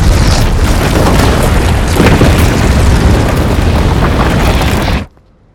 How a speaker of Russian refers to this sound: Контейнер с коаксиумом скатывается на каменистую землю. Гремит мощный взрыв, и тягач едва успевает ускользнуть от огненного смерча. Ударная волна нарастает и вдруг сжимается, разрушив целую гору.